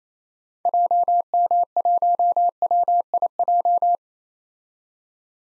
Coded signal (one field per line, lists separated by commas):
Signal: Morse code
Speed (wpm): 28 wpm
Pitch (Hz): 700 Hz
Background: none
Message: JM1WIJ